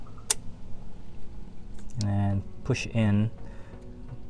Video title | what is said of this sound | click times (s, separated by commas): Ecoboost Mustang - P1450C Evap Purge Valve Replacement | all the way in until it snaps and push | 0.3 s